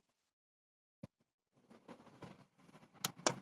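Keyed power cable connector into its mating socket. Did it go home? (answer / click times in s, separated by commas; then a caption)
yes / 3.1 s, 3.3 s. A keyed power cable connector for a plug-and-play solar kit is pushed into its mating socket until it latches. After a short knock at 1.0 s and some handling noise, two sharp clicks sound at 3.1 s and 3.3 s. The connector is confirmed seated.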